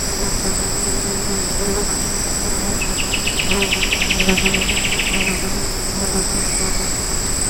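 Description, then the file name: Bird trill, a rapid run of buzzy repeated notes lasting about two and a half seconds, over a steady high insect drone and background hiss. "SABIOD 50 bird 2015"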